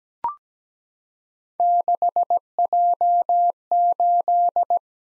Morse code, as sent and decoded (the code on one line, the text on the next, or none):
-.... .--- ---..
6J8